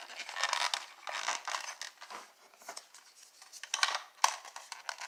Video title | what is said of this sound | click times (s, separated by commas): Marvel Legends X-Men Legends Professor X action figure review | fairly simple just snaps into place as I was mentioning to my girlfriend | 4.2 s